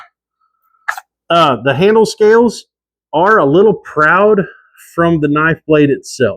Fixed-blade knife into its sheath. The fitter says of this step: you hear that click that's that's awesome